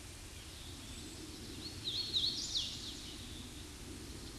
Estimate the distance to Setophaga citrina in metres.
about 35 m